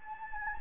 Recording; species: mosquito wingbeat signal from an infrared sensor; Anopheles gambiae